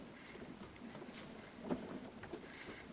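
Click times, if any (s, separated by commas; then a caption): none. A cleaned plastic condensate trap is handled and pushed back into a Worcester Busch 38 CDi gas combi boiler, where two clicks signal a correct fit that will not leak water onto the electronic board. Low, rumbling handling noise runs throughout, with brief louder scrapes around 1.7 s and 2.3 s. The trap has not yet seated or clicked.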